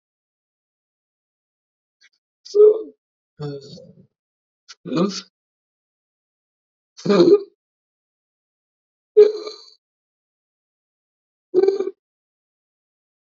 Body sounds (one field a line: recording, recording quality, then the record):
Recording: deep breathing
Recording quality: excellent, no background noise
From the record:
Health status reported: COVID-19 positive, mild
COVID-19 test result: positive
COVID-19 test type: RT-PCR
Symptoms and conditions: cough, fatigue, muscle pain, hypertension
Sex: male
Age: 35 years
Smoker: yes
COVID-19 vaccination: both doses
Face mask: worn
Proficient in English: yes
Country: India